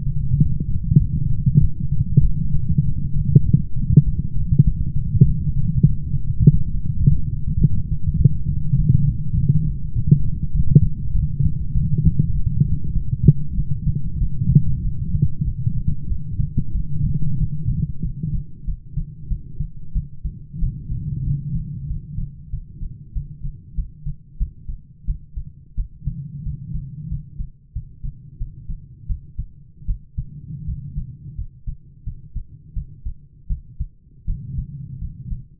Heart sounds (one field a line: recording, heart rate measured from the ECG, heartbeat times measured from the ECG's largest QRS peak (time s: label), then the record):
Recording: heart sounds by stethoscope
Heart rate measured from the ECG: 94 bpm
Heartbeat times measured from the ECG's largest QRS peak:
0.36 s: heartbeat
0.97 s: heartbeat
1.60 s: heartbeat
2.22 s: heartbeat
2.83 s: heartbeat
3.44 s: heartbeat
4.04 s: heartbeat
4.64 s: heartbeat
5.24 s: heartbeat
5.83 s: heartbeat
6.42 s: heartbeat
7.01 s: heartbeat
7.59 s: heartbeat
8.17 s: heartbeat
8.76 s: heartbeat
9.35 s: heartbeat
9.94 s: heartbeat
10.52 s: heartbeat
11.12 s: heartbeat
11.73 s: heartbeat
12.33 s: heartbeat
12.93 s: heartbeat
13.55 s: heartbeat
14.19 s: heartbeat
14.83 s: heartbeat
15.45 s: heartbeat
16.08 s: heartbeat
16.72 s: heartbeat
17.38 s: heartbeat
18.02 s: heartbeat
18.65 s: heartbeat
19.28 s: heartbeat
19.93 s: heartbeat
20.60 s: heartbeat
21.24 s: heartbeat
21.87 s: heartbeat
22.50 s: heartbeat
23.13 s: heartbeat
23.75 s: heartbeat
24.38 s: heartbeat
25.05 s: heartbeat
25.75 s: heartbeat
26.43 s: heartbeat
27.08 s: heartbeat
27.73 s: heartbeat
28.38 s: heartbeat
29.07 s: heartbeat
29.86 s: heartbeat
30.65 s: heartbeat
31.35 s: heartbeat
32.04 s: heartbeat
32.74 s: heartbeat
33.47 s: heartbeat
34.25 s: heartbeat
34.99 s: heartbeat
From the record:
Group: healthy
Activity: light exercise 0-20 s, rest 20-36 s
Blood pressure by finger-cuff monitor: 111/55 mmHg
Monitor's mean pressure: 67 mmHg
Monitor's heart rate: 96 bpm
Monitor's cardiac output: 12.2 L/min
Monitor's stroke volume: 126 mL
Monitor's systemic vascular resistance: 400 dyn s/cm5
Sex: male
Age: 22 years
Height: 185 cm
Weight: 112.4 kg